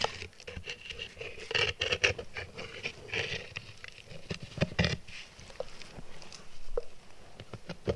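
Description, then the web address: Dog gnawing and stripping a bone, with dense crunching, scraping and tooth clicks in rapid clusters. Domestic dog chewing and stripping a bone. "Tom Hutchings Dog Chewing And Stripping Bone"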